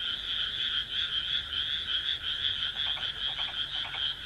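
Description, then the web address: Frog croaking densely and unbroken, with rapid high croaks throughout and a few lower pulsed croaks near the end. "kaeru kaeru"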